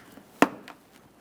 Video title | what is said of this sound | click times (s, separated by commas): How to Replace Front Brake Hoses 2014-2019 Toyota Corolla | Listen for an audible click. | 0.4 s